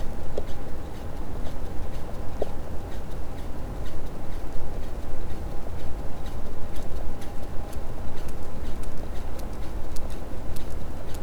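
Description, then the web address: Sperm whale clicks, faint irregular ticks over heavy low rumble, with a steady faint hum running throughout. "Physeter Macrocephalus cachalot"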